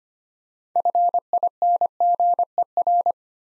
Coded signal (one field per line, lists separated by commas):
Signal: Morse code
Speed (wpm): 25 wpm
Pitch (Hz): 700 Hz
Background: none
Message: FINGER